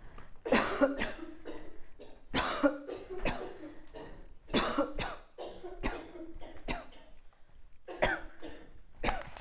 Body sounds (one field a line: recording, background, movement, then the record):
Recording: voluntary coughing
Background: a bystander coughing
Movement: walking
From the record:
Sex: female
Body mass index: 22.6 kg/m2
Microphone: on the chest, facing outward